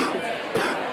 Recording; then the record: coughing mixed with background sound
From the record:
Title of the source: Coughing 77